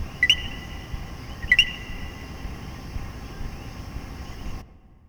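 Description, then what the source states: Common coquí calling a two-note co-qui, a short lower note jumping to a higher whistled one, given twice about a second apart over a steady low hiss. Several coquíes recorded in Puerto Rico.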